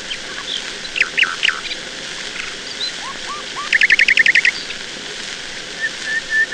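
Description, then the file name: Nightingale singing varied notes, a few soft short notes, then a loud rapid series of repeated notes, closing with drawn-out whistles over steady hiss. "Solovei"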